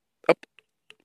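A detachable clip-in part is pushed back into its housing on a Deus metal detector, which can have problems if the part isn't clipped in all the way to the end. A sharp, loud snap at 0.3 s marks the part clipping fully back into place, followed by faint small ticks around 0.4, 0.6 and 0.9 s.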